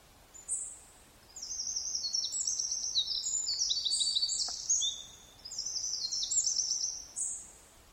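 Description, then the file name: Eurasian wren song, two bursts of rapid, high, tinkling trills and warbles, each running a few seconds, with a few thin sharp notes before and after. "Troglodytes troglodytes"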